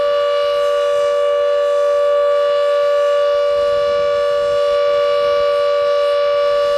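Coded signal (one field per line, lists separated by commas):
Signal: siren signal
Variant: Carter siren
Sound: steady, unbroken, droning siren wail at constant pitch, rich in overtones, about 7 seconds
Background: outdoor ambience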